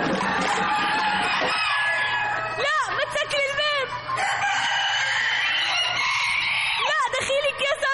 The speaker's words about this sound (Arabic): يا سلام، ديك ديك بحاله هون. هجوم.